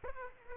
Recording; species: mosquito wingbeat signal from an infrared sensor; Aedes aegypti